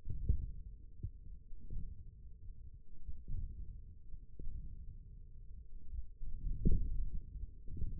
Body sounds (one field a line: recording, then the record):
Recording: forearm muscle sounds (acoustic myography)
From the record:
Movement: hand closing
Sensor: system 1, eight BSWA MPA416 microphones around the upper forearm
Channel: 2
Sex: male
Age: 20 years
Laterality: left